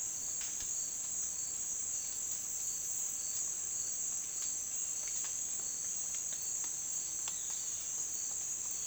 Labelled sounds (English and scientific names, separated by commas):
none